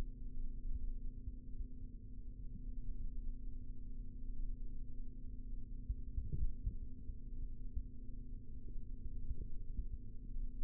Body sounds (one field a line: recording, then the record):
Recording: forearm muscle sounds (acoustic myography)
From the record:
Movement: rest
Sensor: system 3, bracelet of six PUI Audio POM-2738L microphones around the upper forearm, with dedicated amplification and filtering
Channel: 3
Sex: male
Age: 25 years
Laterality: right